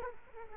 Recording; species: mosquito wingbeat signal from an infrared sensor; Culex quinquefasciatus